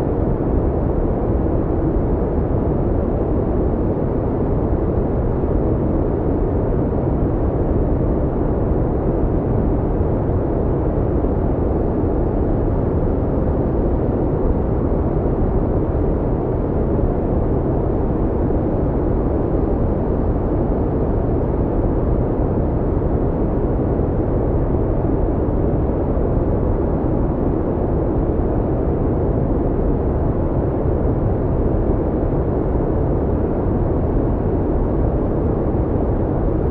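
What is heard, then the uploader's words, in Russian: Brown noise plays as a deep, rumbling wash that holds perfectly steady from start to finish. The sound is heaviest in the low end and dull, with no bright top and no separate events. Its loudness stays constant throughout. Бурый шум — глубокий, громыхающий звук, отличный от резкого белого шума. Бурый шум имеет более глубокий и теплый тон.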